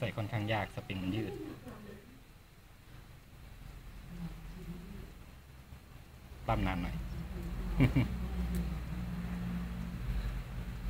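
A spring-loaded internal part is being inserted into the frame/slide of an airsoft Glock 17 during reassembly, while someone talks. Small handling noises are heard, with a brief sharp sound near 8.5 s. The part has not seated or locked into place yet.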